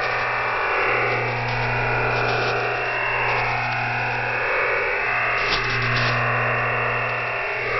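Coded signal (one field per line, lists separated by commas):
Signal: digital SSTV (DRM)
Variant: EasyDRF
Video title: Shortwave Radiogram EasyDRF Part 2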